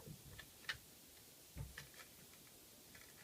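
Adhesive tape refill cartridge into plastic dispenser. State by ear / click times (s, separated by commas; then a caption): not seated / none. A Seal Plus adhesive refill cartridge is pushed into a plastic dispenser, with a few faint light ticks and a soft low bump in otherwise quiet surroundings. The cartridge has not snapped or clicked into place, though it is stuck in.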